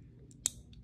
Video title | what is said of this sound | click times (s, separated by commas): IV Start | my index finger stays planted and i'm going to pull back on my thumb and my middle finger until you hear a click | 0.5 s